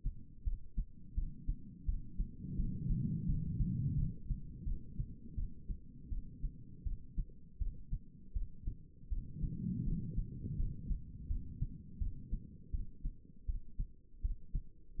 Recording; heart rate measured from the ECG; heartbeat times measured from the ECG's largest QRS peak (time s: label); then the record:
heart sounds by stethoscope; 83 bpm
0.44 s: heartbeat
1.15 s: heartbeat
1.86 s: heartbeat
2.57 s: heartbeat
3.26 s: heartbeat
3.96 s: heartbeat
4.65 s: heartbeat
5.36 s: heartbeat
6.10 s: heartbeat
6.84 s: heartbeat
7.59 s: heartbeat
8.34 s: heartbeat
9.10 s: heartbeat
9.85 s: heartbeat
10.57 s: heartbeat
11.28 s: heartbeat
11.99 s: heartbeat
12.71 s: heartbeat
13.46 s: heartbeat
14.22 s: heartbeat
14.97 s: heartbeat
From the record:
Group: healthy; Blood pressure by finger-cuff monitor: 105/72 mmHg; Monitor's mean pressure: 86 mmHg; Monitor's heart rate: 83 bpm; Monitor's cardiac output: 5.1 L/min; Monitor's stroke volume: 60 mL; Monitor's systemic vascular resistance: 1250 dyn s/cm5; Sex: female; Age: 51 years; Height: 162 cm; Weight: 70.04 kg